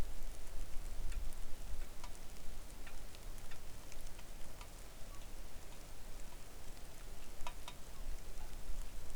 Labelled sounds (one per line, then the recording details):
wind
rain
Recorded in the Arctic National Wildlife Refuge, Alaska, on 3 August 2019 at 09:39
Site 41